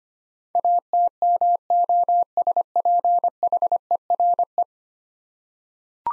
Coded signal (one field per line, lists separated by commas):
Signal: Morse code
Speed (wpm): 25 wpm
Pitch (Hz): 700 Hz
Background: none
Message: ATMOSPHERE